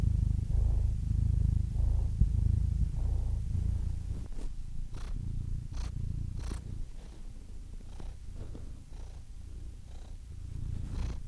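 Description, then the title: Domestic cat purr, deep and continuous at first, fading midway while short scratchy rustles and taps break in, then swelling again at the close. Compilation of domestic cats ranging from kittens to old cats. "The Ultimate Compilation of Adorable Cat Meows 🐱😺 #CatMeows #CuteKittens"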